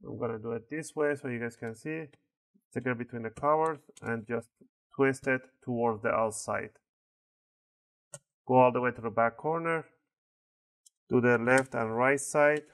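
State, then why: Released. A pry tool stuck between the covers of an HP Notebook 14 is twisted toward the outside, and the plastic snap clip holding the bottom cover in the top case releases with a single sharp click at 8.1 s. Someone talks before and after the click.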